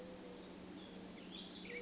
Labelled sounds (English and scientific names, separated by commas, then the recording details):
Mourning Dove (Zenaida macroura)
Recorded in Sonoma County, California